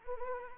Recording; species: mosquito wingbeat signal from an infrared sensor; Anopheles arabiensis